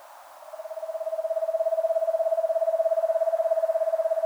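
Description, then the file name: Eastern screech owl trill, starting faintly and swelling into a loud, steady, rapid series of same-pitched whistled notes. "Eastern Screech Owl Megascops asio"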